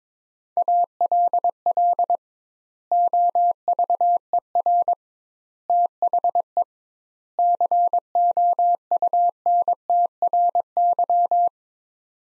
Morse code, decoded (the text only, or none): ALL OVER THE COUNTRY